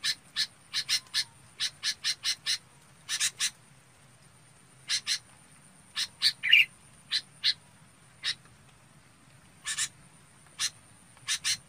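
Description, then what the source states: Red-whiskered bulbul gives short chirps in groups, one brief whistled note in the middle, over a soft low rumble and a thin high tone. Chào mào bông calling to gather the flock.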